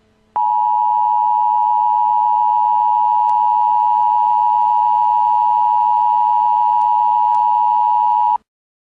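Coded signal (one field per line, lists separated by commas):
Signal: Emergency Alert System (SAME) tones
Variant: 853 and 960 Hz attention tone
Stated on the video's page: Prank nuclear bomb EAS alert, stated to contain valid EAS tones.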